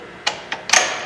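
A blind bearing puller's split collet is being pushed through the metal rear cam bearing of a motorcycle engine. Several short, sharp metallic taps and scrapes ring out against a quiet background. Nothing has seated or clicked into place yet.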